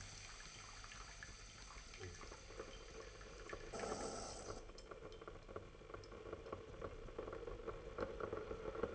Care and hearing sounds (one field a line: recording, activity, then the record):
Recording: daily activity, microphone in the room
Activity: make coffee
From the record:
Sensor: 4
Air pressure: 1002.9 hPa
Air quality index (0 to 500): 249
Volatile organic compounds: 20 ppm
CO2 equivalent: 2697 ppm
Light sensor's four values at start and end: 4/10/4/4 and 4/10/4/4